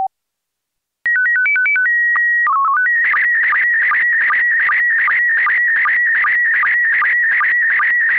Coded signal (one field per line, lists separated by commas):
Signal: SSTV (slow-scan television)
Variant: PD 50